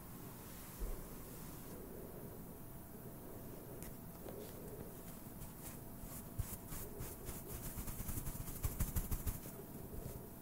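Brushing across a microphone, with a dense, scratchy low rumble running the whole time. After about four seconds short, bright strokes start to cut through, growing faster and louder from around eight seconds to the end. There is no talking.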